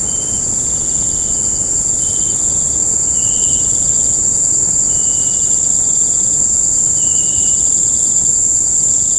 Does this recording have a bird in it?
no